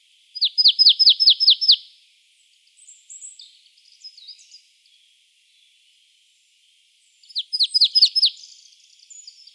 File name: Poecile palustris